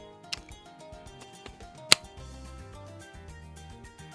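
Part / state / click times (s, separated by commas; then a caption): detachable controller into handheld console side rail / seated / 0.3 s. A magnetic detachable controller is reattached to the side rail of a handheld console so its sound can be heard, and it clicks into place with a sharp click at 0.3 s over background music. A second, much louder sharp snap follows at 1.9 s, and the controller is left seated.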